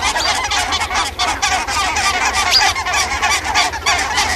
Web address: barnacle goose